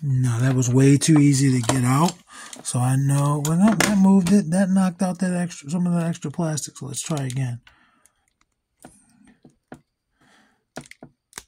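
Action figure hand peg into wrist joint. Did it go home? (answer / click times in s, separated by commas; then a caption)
yes / 11.4 s. Someone talks, then after excess plastic has been knocked loose, the plastic hand peg of a Jada Universal Monsters The Wolf Man action figure is pushed back into the figure's wrist joint, with a few faint taps and clicks in the quiet. A sharp click at 11.4 s marks the hand peg seating in the wrist.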